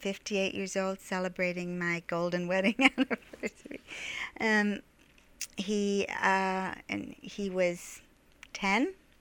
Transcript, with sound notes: I'm fifty-eight years old, celebrating my golden wedding anniversary. (she laughs) And he...and he was ten